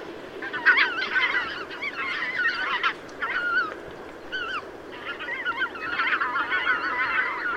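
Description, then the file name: Goose flock honking, many overlapping wavering calls in dense bursts with short pauses between them. Recorded 5 September 2016. "Ansery Valdak 050916"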